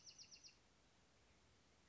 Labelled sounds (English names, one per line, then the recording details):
Bewick's Wren
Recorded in Sonoma County, California